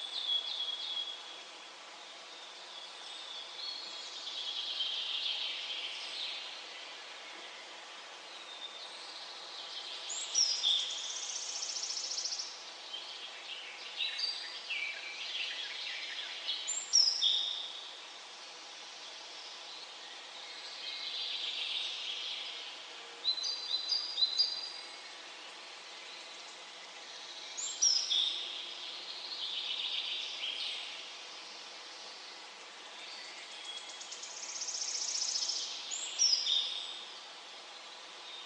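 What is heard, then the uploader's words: Birds sing in nature in overlapping high chirps and bright phrases, rising in loud bursts every few seconds over a steady hiss. Singing of birds in nature.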